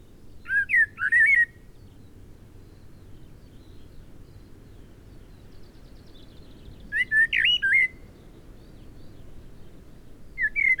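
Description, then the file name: Eurasian blackbird singing fluted warbling phrases with thin high twitters, a long pause between phrases, and a third phrase starting at the end. "Turdus merula"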